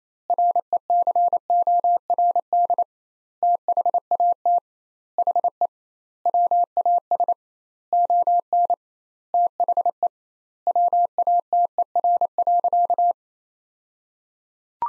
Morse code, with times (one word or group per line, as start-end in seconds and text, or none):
0.3-2.8 RECORD
3.4-4.6 THAT
5.2-5.7 HE
6.3-7.3 WAS
7.9-8.7 ON
9.3-10.1 THE
10.7-13.1 WATER.